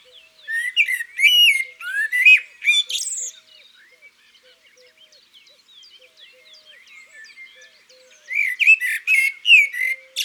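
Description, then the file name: Eurasian magpie chattering harshly for three seconds, a quiet spell with faint small-bird twitters, then another burst of rasping chatter near the end. Recorded in the countryside. "Pie bavarde Chants doiseaux dans la campagne"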